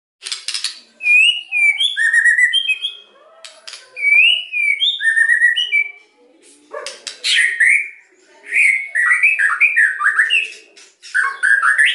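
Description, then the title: White-rumped shama song in bursts: sweet rising whistles with high twittering above, separated by short pauses, later turning into harsher, denser jumbled phrases. Used as a lure to provoke a response. "PANCINGAN MURAI BATU GACOR"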